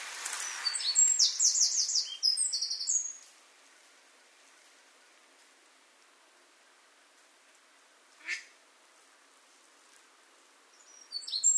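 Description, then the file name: Eurasian wren gives one long, high, rattling trilled song at the start, then quiet apart from a single click and the start of another phrase. "Troglodytes troglodytes"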